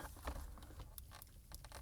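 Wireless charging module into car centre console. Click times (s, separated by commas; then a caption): 1.0 s. A wireless charging module is pressed into the opening of a Bolt EV's centre console, with light plastic taps and rattles as it is worked into position. It snaps into place with a sharp click at 1.0 s and sits solidly, followed by a few smaller clicks.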